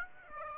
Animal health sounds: mosquito wingbeat signal from an infrared sensor; Aedes aegypti

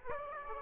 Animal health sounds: mosquito wingbeat signal from an infrared sensor; Aedes aegypti

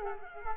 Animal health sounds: mosquito wingbeat signal from an infrared sensor; Culex quinquefasciatus

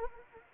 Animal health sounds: mosquito wingbeat signal from an infrared sensor; Anopheles arabiensis

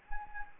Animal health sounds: mosquito wingbeat signal from an infrared sensor; Anopheles gambiae

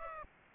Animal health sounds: mosquito wingbeat signal from an infrared sensor; Aedes aegypti

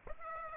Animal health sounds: mosquito wingbeat signal from an infrared sensor; Aedes aegypti

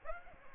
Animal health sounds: mosquito wingbeat signal from an infrared sensor; Aedes aegypti

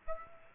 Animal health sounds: mosquito wingbeat signal from an infrared sensor; Aedes aegypti

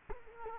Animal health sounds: mosquito wingbeat signal from an infrared sensor; Culex quinquefasciatus

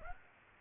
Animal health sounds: mosquito wingbeat signal from an infrared sensor; Aedes aegypti

